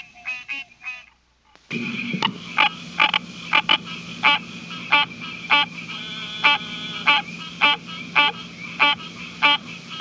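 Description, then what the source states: Tree frog calls, short harmonic pulses repeated roughly every half second in a steady series, with a faint low hum underneath. Family Hylidae.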